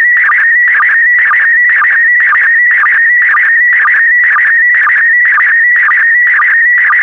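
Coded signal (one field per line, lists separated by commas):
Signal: SSTV (slow-scan television)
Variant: PD120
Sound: warbling whistling tone around 2 kHz with regular short low chirps twice a second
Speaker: complete you can now check your decoded image against the picture that is shown on the video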